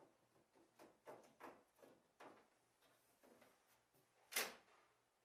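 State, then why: Seated. A drawer is set on concealed full-extension Blum Tandem slides with Blumotion and slowly pushed into the back of a cabinet, with a series of soft sliding thumps and rumbles as it moves along the runners. At 4.4 s the front locking devices give a sharp, bright click as they lock the drawer onto the slides, and the drawer is seated.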